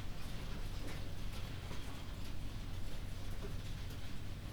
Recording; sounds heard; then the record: poultry house recording; healthy chickens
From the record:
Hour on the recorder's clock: 23